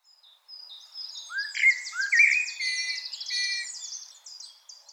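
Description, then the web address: Common blackbird song phrase: two low fluty notes, then a long, high, rapidly repeated rattling twitter that fades away. "SETE Turdus merula"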